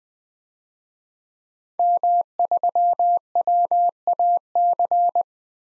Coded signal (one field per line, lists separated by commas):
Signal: Morse code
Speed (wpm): 21 wpm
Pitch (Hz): 700 Hz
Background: none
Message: M3WAC